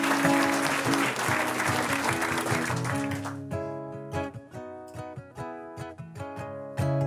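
Audience applause at a live radio music performance, a dense crackling clatter of many hands, fills the first half over steady instrumental music, then drops away and leaves the music playing on its own.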